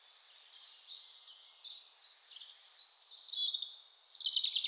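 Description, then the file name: European robin song starting with a series of evenly spaced thin high notes, then louder, denser twittering at the end. "Erithacus rubecula"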